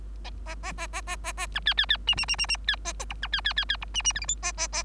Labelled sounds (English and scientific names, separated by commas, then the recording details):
Bengalese Finch (Lonchura striata domestica) song
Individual Bird3